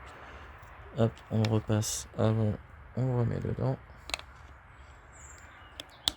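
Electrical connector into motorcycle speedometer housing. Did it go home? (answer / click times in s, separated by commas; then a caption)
yes / 6.1 s. A plastic electrical connector with two small side tabs is fed back through and pushed into the speedometer gauge housing of a Harley-Davidson 1200 Sportster motorcycle. Someone talks, followed by a few faint clicks and taps of handling. The connector clips into the housing with a sharp click at 6.1 s, seating quite easily.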